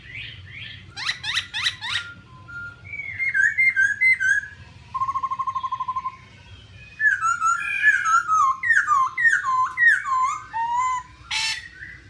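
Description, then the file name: Black-throated laughingthrush song: bursts of steep descending whistles, a fast buzzy trill, then many loud looping whistled notes rising and falling in quick succession, with faint low hum behind. "tieng khuou bac ma hot"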